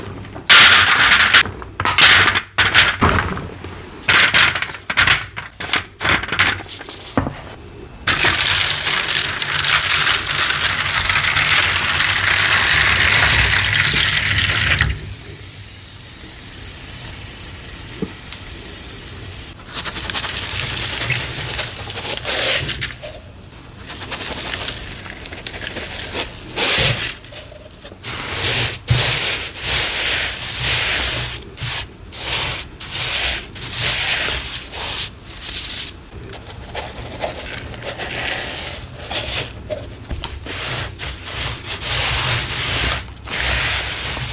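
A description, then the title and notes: Gritty rubbing and patting of crunchy cornstarch, dense, with a softer hissing stretch midway and sharp irregular taps throughout. ASMR Pouring and Tapping Sounds. ASMR pouring water sounds, gritty sounds, patting crunchy cornstarch and oddly satisfying asmr sounds.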